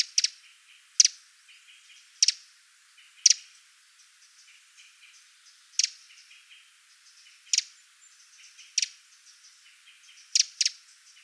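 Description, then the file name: Eurasian wren repeating hard, dry ticks at irregular intervals, some doubled, with fainter chirping underneath. "Troglodytes troglodytes"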